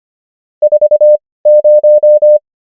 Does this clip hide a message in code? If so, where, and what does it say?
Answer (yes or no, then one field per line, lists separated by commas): yes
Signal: Morse code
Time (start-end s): 0.6-2.4 s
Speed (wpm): 25 wpm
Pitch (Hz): 600 Hz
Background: none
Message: 40